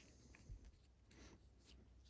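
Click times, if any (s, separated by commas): none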